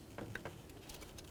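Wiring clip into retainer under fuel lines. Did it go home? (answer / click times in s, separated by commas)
yes / 0.4 s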